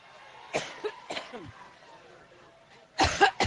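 An adult woman at a rally microphone has a massive coughing fit as she begins a Labor Day campaign rally in Cleveland, Ohio, stopping a number of times to cough and clear her throat.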